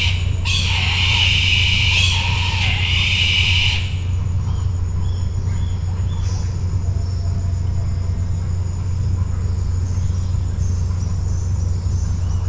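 Bird uttering a drawn-out series of harsh squawks for several seconds, then falling silent, leaving only a steady low hum.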